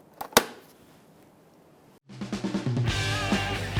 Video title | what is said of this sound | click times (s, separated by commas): How to Replace Mirror Turn Signal Lens & Housings 2008-2010 Ford F-450 Super Duty | Line up this tab on the outside, line the front up, and just push until you hear it click. | 0.4 s